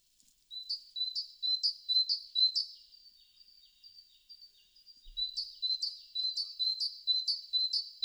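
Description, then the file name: Great tit giving high, sharp repeated notes about twice a second, a softer fainter stretch in the middle, then the rapid ringing series resumes. "Parus major"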